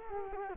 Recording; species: mosquito wingbeat signal from an infrared sensor; Culex quinquefasciatus